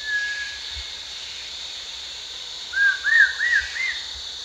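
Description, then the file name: Rufous-tailed shama whistles: one faint note at first, then after a pause four quick rising-and-falling whistled notes, with a constant high insect hiss behind. Recorded at Danum on 1 January 2008. "DANUM 20080101"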